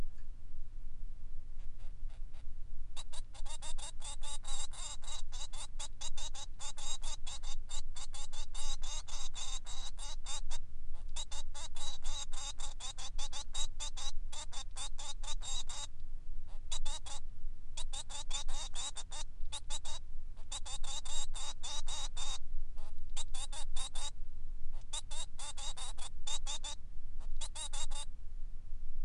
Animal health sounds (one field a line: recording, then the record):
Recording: song of a male Bengalese finch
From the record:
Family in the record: son of father 3